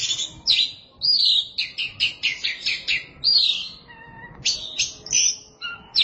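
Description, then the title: Oriental magpie-robin pouring out a fast series of scratchy chirps and clear whistled notes, with a brief low whistle in the middle. "Suara Kicauan Burung Kacer"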